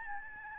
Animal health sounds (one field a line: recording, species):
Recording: mosquito wingbeat signal from an infrared sensor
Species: Aedes albopictus